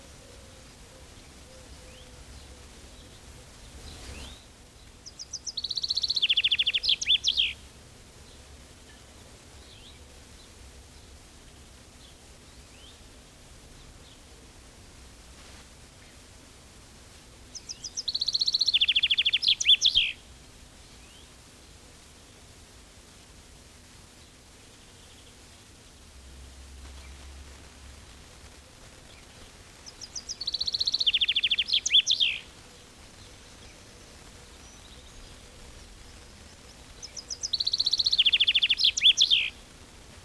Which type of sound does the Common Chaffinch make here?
song